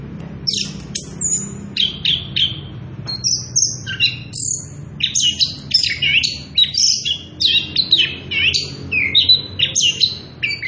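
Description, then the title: Orange-headed thrush song of short, bright whistled notes and slurs delivered rapidly and continuously, pitch leaping between phrases, over faint low hum. Singing prolifically (gacor) with continuous rolling 'ngerol edan' song; used as a lure (pancingan) and tutor (masteran) for young birds (trotolan). "Anis Kembang Gacor. pancingan anis kembang ngerol edan masteran trotolan"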